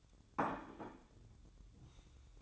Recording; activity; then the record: daily activity, microphone in the room; place plate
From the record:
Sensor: 3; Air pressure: 1007.5 hPa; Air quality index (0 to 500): 58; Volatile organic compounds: 1 ppm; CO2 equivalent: 605 ppm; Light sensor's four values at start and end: 10/24/10/10 and 10/24/10/10